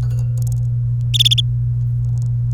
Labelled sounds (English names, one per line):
Domestic Canary song